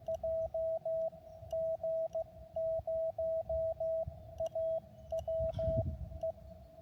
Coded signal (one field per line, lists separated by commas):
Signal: Morse code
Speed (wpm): 18 wpm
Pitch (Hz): 650 Hz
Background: radio noise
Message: JG0AWE